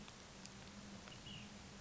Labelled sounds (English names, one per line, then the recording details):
Ash-throated Flycatcher
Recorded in Sonoma County, California